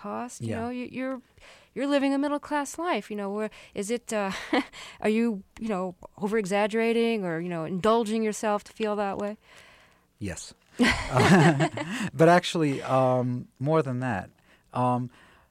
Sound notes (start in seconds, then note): 4.3 laughter; 10.8 laughter